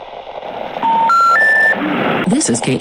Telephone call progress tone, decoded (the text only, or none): special information tone